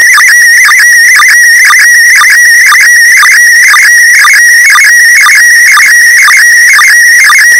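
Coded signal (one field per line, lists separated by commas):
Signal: SSTV (slow-scan television)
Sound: warbling whistle near 2 kHz, with a short low blip about twice a second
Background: radio static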